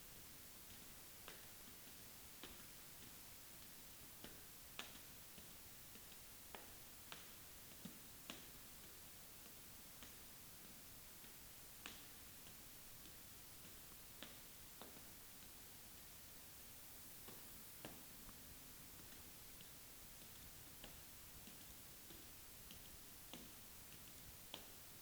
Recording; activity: daily activity, guitar pickup as the sensor; walk